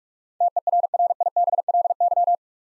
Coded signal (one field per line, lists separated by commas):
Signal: Morse code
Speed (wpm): 46 wpm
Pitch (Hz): 700 Hz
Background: none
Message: TERRIBLY